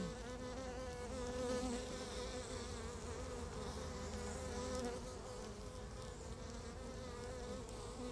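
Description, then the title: Honey bees in a continuous hive drone, many overlapping wingbeat tones forming a dense, slightly wavering hum. Beehive at Laren, Gelderland, recorded 17 July 2015; not a binaural recording. "Beehive. Bijenkorf (Laren Gld., July 17th 2015)"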